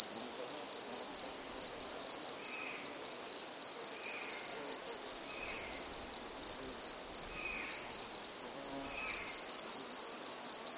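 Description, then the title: Crickets chirping in a steady, high, pulsing series of rapid repeated chirps. Recorded at Buoux, Vaucluse, France, in May 2007. "Animus. Grillons, Divers Insectes Et Oiseaux - Buoux, Vaucluse - mai 2007"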